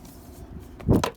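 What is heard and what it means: A plastic exterior trim piece on the liftgate of a Lexus RX300 / Toyota Highlander is lined up and pushed by hand into place on the hatch. A low thump builds near 0.9 s, then a sharp snap at 1.0 s as its clips seat, followed by a smaller tick at 1.2 s. The trim piece is seated.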